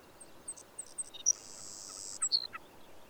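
Bird song of high, thin whistled notes followed by a long buzzy hiss and then sharp descending chips, set against soft steady background noise.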